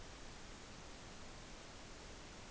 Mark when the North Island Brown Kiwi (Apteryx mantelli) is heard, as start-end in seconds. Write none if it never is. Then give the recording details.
none. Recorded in New Zealand on 16 June 2014. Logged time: 02:19